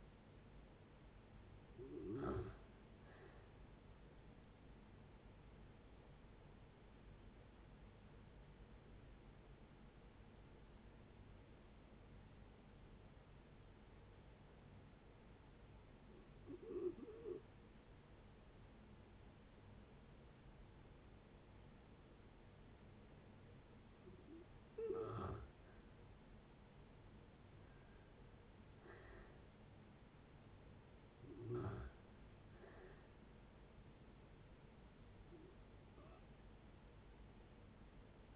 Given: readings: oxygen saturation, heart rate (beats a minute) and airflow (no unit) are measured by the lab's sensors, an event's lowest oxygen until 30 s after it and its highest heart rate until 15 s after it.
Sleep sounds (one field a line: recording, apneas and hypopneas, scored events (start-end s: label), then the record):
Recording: breathing in sleep by a voice recorder at the bedside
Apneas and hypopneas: 1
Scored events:
5.00-25.70 s: hypopnea (N1, oxygen 95% highest, then 85% lowest, heart rate 70 at the start, 71 highest)
From the record:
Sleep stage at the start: N1 (lightest sleep)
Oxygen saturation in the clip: 85 to 95%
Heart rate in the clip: 63 to 71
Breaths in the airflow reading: 7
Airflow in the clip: -6.9 to 6.7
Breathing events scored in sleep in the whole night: 496 in 5.4 hours asleep